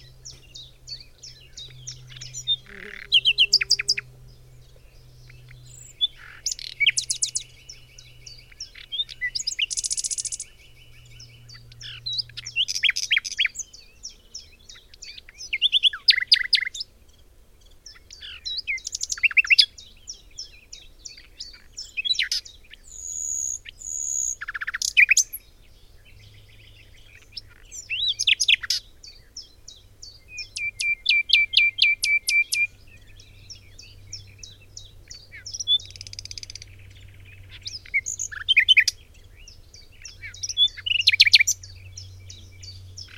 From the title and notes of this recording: Birdsong of the Nightingale. In this amazing audio capture, the nightingale sings its beautiful, melodic song in the heart of the forest near Cologne, Germany. Thanks to the wonderful audio work of user reinsamba of freesound.org, who recorded these sounds in May 2006.